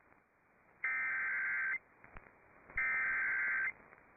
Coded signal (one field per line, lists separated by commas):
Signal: Emergency Alert System (SAME) tones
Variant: header bursts